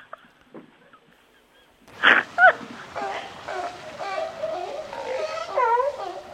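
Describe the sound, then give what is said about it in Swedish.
A person imitates a seal in a Norway-themed version of the imitation: two loud, sharp barking honks, then a long stretch of wavering, throaty yelps and warbling cries that rise and fall in pitch, after a quiet start. “Vill du höra sälen?”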